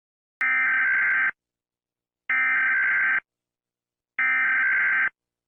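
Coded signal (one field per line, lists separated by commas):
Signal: Emergency Alert System (SAME) tones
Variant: header bursts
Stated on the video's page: Fictional EAS scenario.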